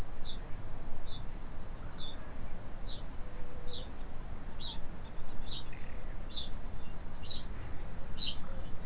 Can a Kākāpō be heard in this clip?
yes